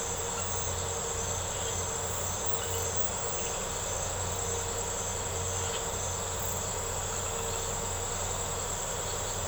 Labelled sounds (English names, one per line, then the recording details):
none
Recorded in secondary vegetation near Puerto Asís, Putumayo, Colombia, on 4 March 2025 at 02:00
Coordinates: 0.468, -76.324
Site G059